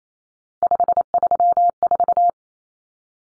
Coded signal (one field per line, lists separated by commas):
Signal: Morse code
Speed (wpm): 28 wpm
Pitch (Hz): 700 Hz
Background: none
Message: 534